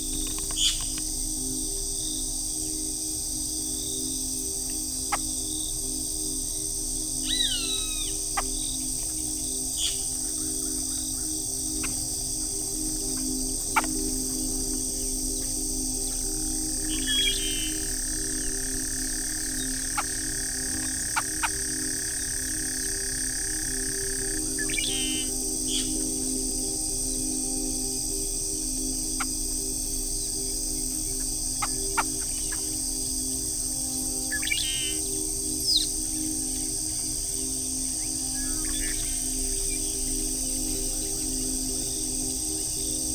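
Costa Rican birds call over a constant, shrill insect drone and a low steady hum. Short rising chirps come every few seconds, with clusters near 7, 17, 25 and 35 seconds, and a long flat whistled tone holds from about 17 to 24 seconds.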